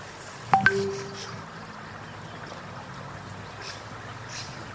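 signal or alarm, mobile phone ringing

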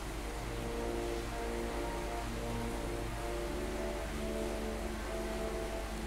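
nature, heavy rain with thunder

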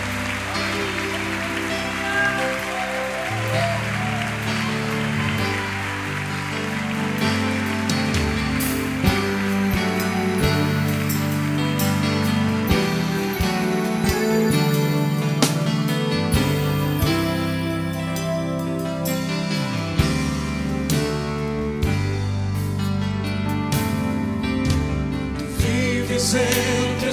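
crowd, audience applauding

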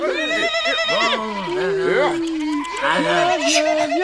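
animal, goats bleating

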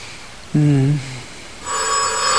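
signal or alarm, telephone ringing

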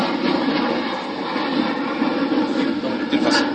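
vehicle, airplane flying overhead

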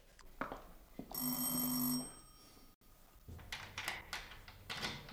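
household object, doorbell ringing

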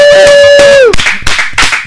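crowd, applause

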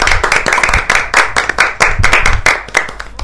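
crowd, applause clapping

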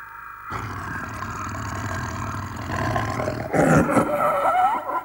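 animal, leopard roaring

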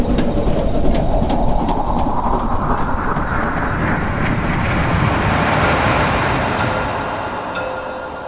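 vehicle, train running on rails

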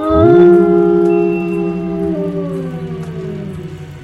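sound effect, thunderous supernatural howl

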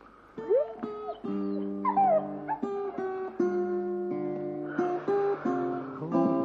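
animal, dog whimpering and yipping

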